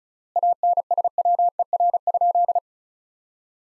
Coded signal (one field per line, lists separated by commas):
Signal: Morse code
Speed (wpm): 36 wpm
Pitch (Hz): 700 Hz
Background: none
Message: ANSWER?